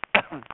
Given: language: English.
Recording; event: throat vibration sensor signal played as sound; cough